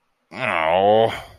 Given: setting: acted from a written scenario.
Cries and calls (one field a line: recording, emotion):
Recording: vocal sound without words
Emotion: shame